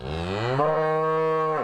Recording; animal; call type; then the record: contact call of a hoofed animal; cattle; low-frequency (closed-mouth) or high-frequency (open-mouth) call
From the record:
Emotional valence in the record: negative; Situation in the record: full separation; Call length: 1.64 s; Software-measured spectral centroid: 1300 Hz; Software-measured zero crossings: 1450 a second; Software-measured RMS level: -24 dBFS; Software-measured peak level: -9 dBFS